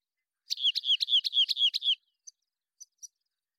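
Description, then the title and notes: Rock Wren song: a rapid series of several buzzy, down-slurred notes lasting under two seconds, followed by three short high chips; otherwise silent background. Long song sequence, natural pace and rhythm kept, isolated from a Double mid-side recording; Pacific Northwest, Washington, United States. "BIRDSong Wrens - Rock Wren. Rock Wren, Salpinctes obsoletus, long song sequence, isolated from Double mid-side original, natural pace and rhythm maintained Recorded in the beautiful Pacific Northwest, Washington, United States"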